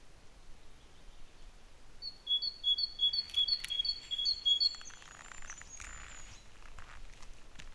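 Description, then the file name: Great tit song: a string of several bright two-note phrases, high then lower, repeated quickly, followed by thin high calls from another bird. "Parus major"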